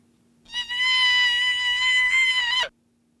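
A single steady, high-pitched, bleat-like cry lasts about two seconds, with a clear ringing tone and an abrupt stop. It is a newborn mammal's distress cry, artificially pitch-shifted. Newborn cries of different species sound much alike apart from pitch, and mother deer respond when the pitch falls within their range.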